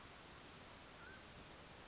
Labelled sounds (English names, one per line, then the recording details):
Mountain Quail
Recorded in Sonoma County, California